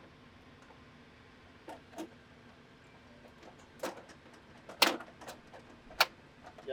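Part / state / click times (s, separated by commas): plastic booster piece snapping onto a toy vehicle / seated / 4.8 s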